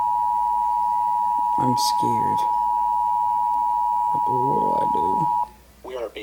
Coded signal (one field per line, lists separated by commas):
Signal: Emergency Alert System (SAME) tones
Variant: 853 and 960 Hz attention tone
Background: speech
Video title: EAS: WORLD WAR 3 REVAMPED